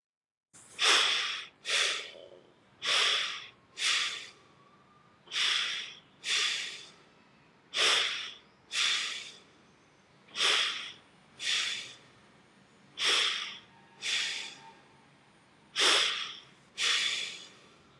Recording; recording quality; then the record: shallow breathing; excellent, no background noise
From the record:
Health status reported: COVID-19 positive, moderate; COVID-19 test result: positive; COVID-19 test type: RT-PCR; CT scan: not taken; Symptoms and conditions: cough, sore throat, hypertension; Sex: male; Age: 52 years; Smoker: no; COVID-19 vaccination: both doses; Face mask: not worn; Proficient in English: yes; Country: India